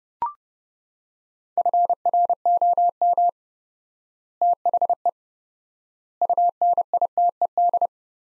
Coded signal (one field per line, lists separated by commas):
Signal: Morse code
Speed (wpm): 31 wpm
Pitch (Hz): 700 Hz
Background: none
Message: FROM THE UNITED